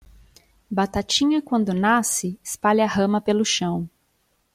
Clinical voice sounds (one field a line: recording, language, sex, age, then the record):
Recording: short text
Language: Brazilian Portuguese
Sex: female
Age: 30 to 39 years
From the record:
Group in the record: control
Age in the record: 33 years